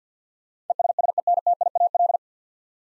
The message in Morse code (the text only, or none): ESSENTIAL